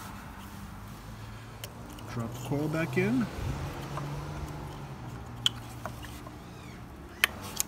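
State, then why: Seated. An ignition coil pack is dropped back into the spark plug well in the cylinder head of a MK6 Golf GTI/R or Audi TT/TTS engine and pressed down while someone talks. It gives sharp clicks at 5.5 s and 7.2 s as it seats fully.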